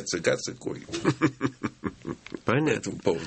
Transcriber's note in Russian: смеются